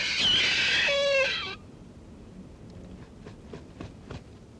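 Kakapo harsh call: a loud, rasping, buzzy cry with stacked tones lasting about a second and a half, followed by faint clicks and quiet background.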